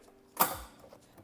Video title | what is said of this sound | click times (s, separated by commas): Miter Saw Review BOSCH / GCM 12 GDL | and the cool thing about this mitur is that when you go back to zero you'll hear a click | 0.4 s